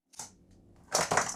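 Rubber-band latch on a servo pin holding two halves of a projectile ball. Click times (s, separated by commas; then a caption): 0.1 s, 0.2 s. After a quick shake and a delay, a servo pin releases the rubber band holding the two halves of a 3D-printed ball together, and the ball springs open to deploy a parachute. The release snaps at 0.1 s and 0.2 s, followed by louder rattling bursts around 1.0 s and 1.2 s. The latch releases and the ball pops open.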